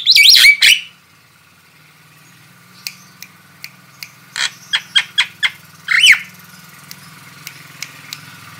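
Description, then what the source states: Starling song: loud shrill screeches at the start, then a string of clicks and short chatter notes, another screech, over a low mechanical hum. Female bird.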